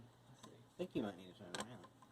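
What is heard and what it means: A Raspberry Pi 4 single-board computer is handled and worked into the bottom half of its plastic case at a slight angle while someone talks, with faint handling ticks and a light tap near 2.0 s. Nothing has seated or clicked into the case yet.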